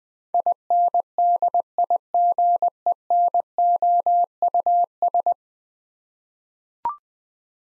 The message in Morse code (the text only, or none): INDIGENOUS